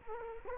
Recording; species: mosquito wingbeat signal from an infrared sensor; Culex quinquefasciatus